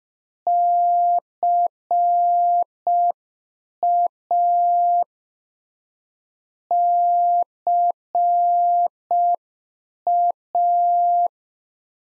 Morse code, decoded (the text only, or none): CA CA